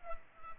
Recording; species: mosquito wingbeat signal from an infrared sensor; Culex pipiens